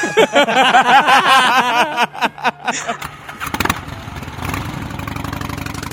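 A motorcycle engine revs loudly with its pitch rising and falling in quick surges, then a sharp clatter gives way to a steady, lower idling rumble.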